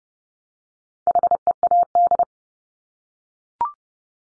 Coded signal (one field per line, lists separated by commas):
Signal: Morse code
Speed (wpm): 30 wpm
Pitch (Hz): 700 Hz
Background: none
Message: HEAD